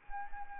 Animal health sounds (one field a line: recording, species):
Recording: mosquito wingbeat signal from an infrared sensor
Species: Anopheles arabiensis